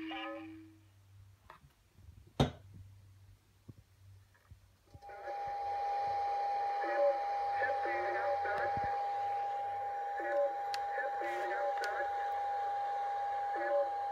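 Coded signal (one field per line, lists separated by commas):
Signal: numbers station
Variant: S06s Russian Lady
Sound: short spoken words at regular intervals through radio hiss, with a steady whistle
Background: radio static, heterodyne whistle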